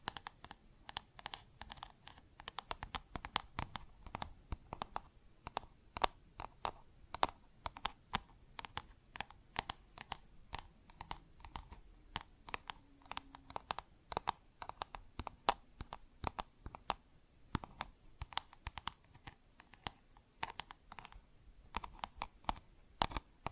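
Plastic objects are tapped and scratched in a quick, irregular stream of sharp clicks, sometimes bunched into rapid runs and sometimes spaced apart. The clicks are bright and dry, with a faint low murmur underneath and brief pauses scattered across the whole stretch.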